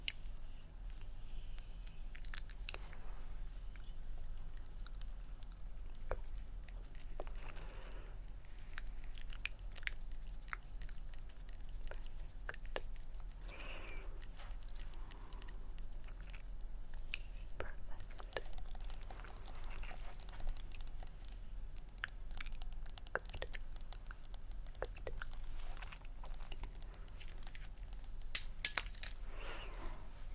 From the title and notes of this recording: ASMR Extremely Tingly Layered Sounds For Sleep (Scratching, Tktk, Mouth Sounds, Tapping).